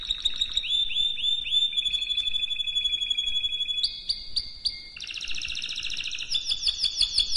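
Canary singing sweeping whistled notes repeated several times, then a run of steady chirps, then dense buzzy trills at the finish.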